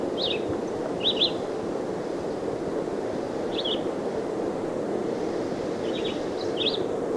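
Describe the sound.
Red-eyed vireo singing short, clipped whistled phrases at irregular intervals against broad steady background noise.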